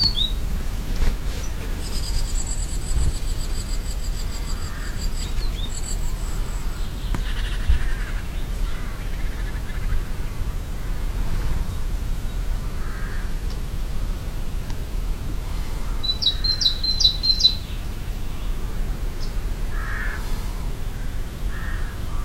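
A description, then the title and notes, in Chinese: Birds call in a forest, with a high, fast trilling series early on and a bright burst of repeated chirps around seventeen seconds. Softer, scattered calls come and go between them, all over a steady low rumble of wind or background noise. 来自爱沙尼亚丛林里的鸟叫。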